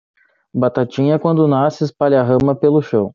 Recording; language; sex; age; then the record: short text; Brazilian Portuguese; male; 30 to 39 years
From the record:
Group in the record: control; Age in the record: 32 years